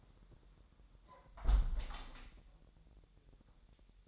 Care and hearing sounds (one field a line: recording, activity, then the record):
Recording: daily activity, microphone in the room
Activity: close window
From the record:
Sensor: 3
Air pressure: 1000.3 hPa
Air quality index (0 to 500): 245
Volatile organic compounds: 158 ppm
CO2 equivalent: 4055 ppm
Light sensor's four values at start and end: 10/24/10/10 and 10/23/9/9